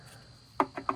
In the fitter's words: So, that locks into place, too.